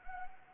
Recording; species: mosquito wingbeat signal from an infrared sensor; Anopheles arabiensis